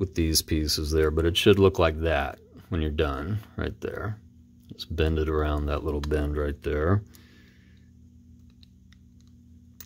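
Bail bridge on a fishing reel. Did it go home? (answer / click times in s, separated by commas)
yes / 9.8 s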